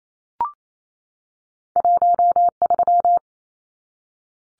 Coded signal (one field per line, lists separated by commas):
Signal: Morse code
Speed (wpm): 28 wpm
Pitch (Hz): 700 Hz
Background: none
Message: 13